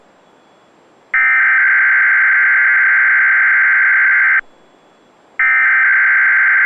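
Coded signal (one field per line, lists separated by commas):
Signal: Emergency Alert System (SAME) tones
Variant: header bursts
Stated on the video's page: Required Weekly Test on Winnipeg's Weatheradio Canada station.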